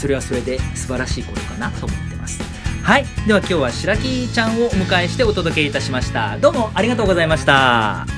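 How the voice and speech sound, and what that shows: An adult man speaks fluent, clear Japanese at a steady conversational pace. His voice is even and easy, with no blocks, repeats or strain. Soft background music plays underneath.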